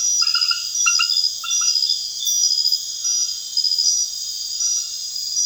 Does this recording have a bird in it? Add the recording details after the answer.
no. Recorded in secondary vegetation near Puerto Asís, Putumayo, Colombia, on 30 June 2025 at 23:00. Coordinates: 0.498, -76.327. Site GP09